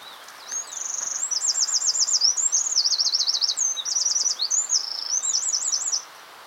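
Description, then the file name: Eurasian wren song: a loud, very high, rapid outpouring of wavering trills and warbled notes lasting about five seconds, with a quiet background. "Troglodytes troglodytes"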